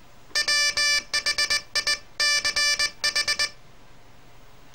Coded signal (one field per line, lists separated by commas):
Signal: Morse code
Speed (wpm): 20 wpm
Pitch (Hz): 1750 Hz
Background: none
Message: WHICH